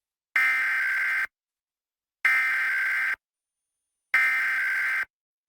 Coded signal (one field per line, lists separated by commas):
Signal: Emergency Alert System (SAME) tones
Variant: header bursts